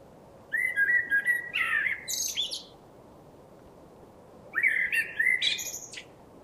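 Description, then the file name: Common blackbird song, two phrases: a sustained, slightly warbling fluted whistle, then a sharp jump into buzzy, high-pitched chattering notes. "Turdus merula"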